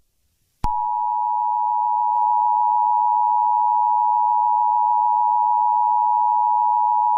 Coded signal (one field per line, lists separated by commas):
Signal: Emergency Alert System (SAME) tones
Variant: 853 and 960 Hz attention tone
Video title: Someone Is Coming (Invincible EAS scenario) part 4